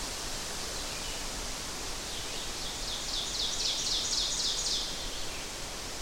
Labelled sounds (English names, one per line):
Ovenbird song